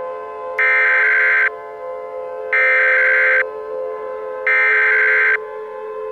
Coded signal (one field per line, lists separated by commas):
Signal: Emergency Alert System (SAME) tones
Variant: header bursts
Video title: EAS Scenario: Columbus Asteroid Strike